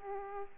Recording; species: mosquito wingbeat signal from an infrared sensor; Aedes aegypti